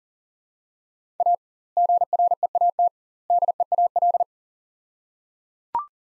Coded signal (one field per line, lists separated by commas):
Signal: Morse code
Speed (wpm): 37 wpm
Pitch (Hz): 700 Hz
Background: none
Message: A GREAT DEAL